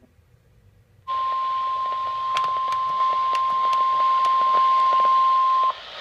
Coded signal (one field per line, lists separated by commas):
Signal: Emergency Alert System (SAME) tones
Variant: 1050 Hz attention tone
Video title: Flash Flood Watch - EAS #483